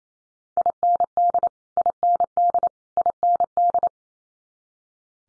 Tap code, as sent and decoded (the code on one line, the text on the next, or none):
none